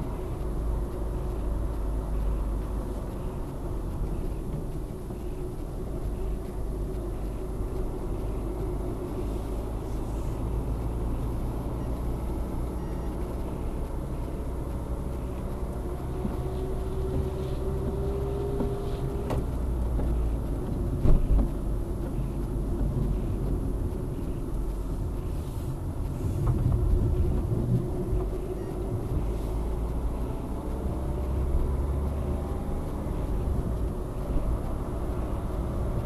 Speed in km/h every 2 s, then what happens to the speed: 55, 50, 44, 38, 34, 39, 47, 50, 50, 47, 36, 32, 37, 37, 39, 50, 61, 69.
0-7 slows to 34. 7-16 speeds up to 50. 16-22 slows to 32. 22-36 speeds up to 69.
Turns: 0-8, 18-24.